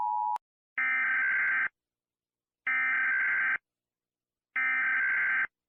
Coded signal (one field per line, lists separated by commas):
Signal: Emergency Alert System (SAME) tones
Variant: header bursts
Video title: {Mock} EAS Scenario Short #4 - Lava Rain